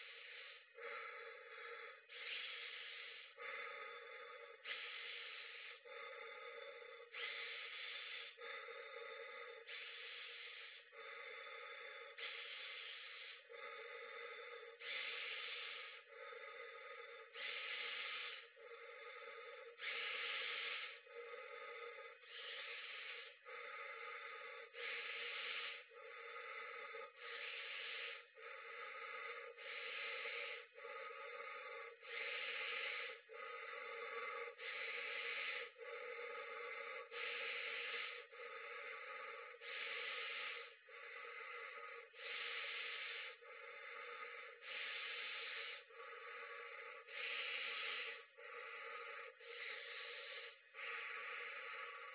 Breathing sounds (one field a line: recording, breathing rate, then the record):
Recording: paced breathing near a phone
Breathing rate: 24 breaths a minute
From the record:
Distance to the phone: 40 cm